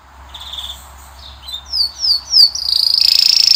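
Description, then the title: Canary song: a faint trill, then three clear descending swoops, then a high, sustained buzzy trill. Male Belgian canary singing a lot; training song to warm up and tutor young birds. "Canary Training Esquente Seu Filhote E Canario Belga Macho Cantando Muito. canary singing video - canary training song"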